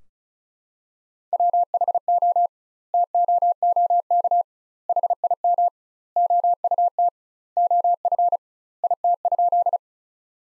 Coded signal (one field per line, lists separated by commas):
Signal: Morse code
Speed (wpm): 34 wpm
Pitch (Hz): 700 Hz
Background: none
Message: WHO TOOK HIM OUT OF IT?